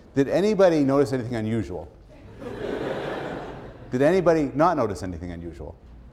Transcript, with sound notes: Did anybody notice anything unusual? [laughter] Did anybody not notice anything unusual?